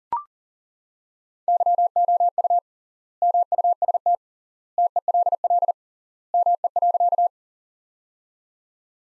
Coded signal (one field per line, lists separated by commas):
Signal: Morse code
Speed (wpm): 40 wpm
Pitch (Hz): 700 Hz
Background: none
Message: YOU MUST TELL ME.